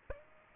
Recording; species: mosquito wingbeat signal from an infrared sensor; Aedes aegypti